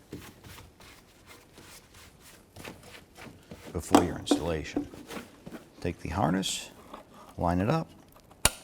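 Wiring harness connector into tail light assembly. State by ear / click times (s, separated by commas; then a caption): seated / 8.5 s. A wiring harness connector is lined up and pressed onto the tail light socket of a 2010–2017 Chevy Equinox while someone talks. A sharp, loud snap at 8.5 s shows the connector seated in the tail light assembly.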